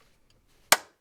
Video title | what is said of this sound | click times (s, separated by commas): How To Change A 2018 - 2022 Honda Odyssey Cabin Air Filter - Replace AC Filter Replacement Location | and then snap into place like that | 0.7 s